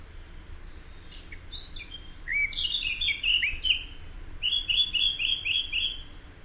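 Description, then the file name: Eurasian blackcap song. Quiet high twitters lead into a rich, fluty warble that ends in a neat series of about six repeated clear whistles. "Sylvia atricapilla"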